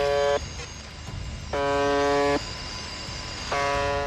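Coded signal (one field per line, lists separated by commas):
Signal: channel marker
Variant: UVB-76 (The Buzzer)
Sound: harsh low buzzes under a second long, repeating about every two seconds over static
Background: radio static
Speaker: 자, 라디오에서 끊임없이 들려오는 의문의 버음.이 이 소리는 1분에 약 25번씩 24시간 내내 송출됩니다.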